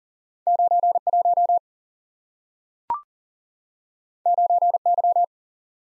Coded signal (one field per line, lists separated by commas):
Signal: Morse code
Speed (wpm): 39 wpm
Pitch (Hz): 700 Hz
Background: none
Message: 91 9Y